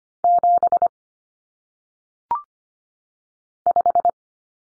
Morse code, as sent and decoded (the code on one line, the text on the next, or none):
--... / .....
7 5